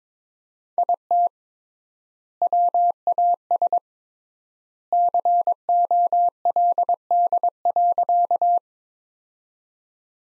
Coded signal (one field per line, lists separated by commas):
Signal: Morse code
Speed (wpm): 22 wpm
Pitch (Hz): 700 Hz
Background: none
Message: IT WAS COLD.